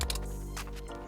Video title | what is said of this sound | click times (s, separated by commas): BIG TURBO install on an F30 340i B58 BMW (Pure 800) | okay if you heard that it was like a ting ting | 0.0 s, 0.1 s